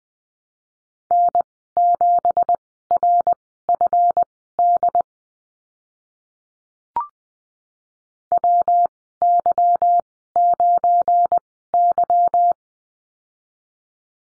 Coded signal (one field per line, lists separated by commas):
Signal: Morse code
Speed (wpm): 20 wpm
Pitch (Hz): 700 Hz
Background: none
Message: N7RFD WY9Y